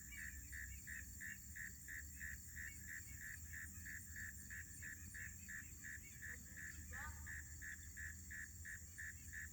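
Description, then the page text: Northern mole cricket song, regular chirps about three per second, with a steady high-pitched drone behind. Recorded in Maryland. "Maryland Biodiversity. Northern Mole Cricket ( Neocurtilla hexadactyla )"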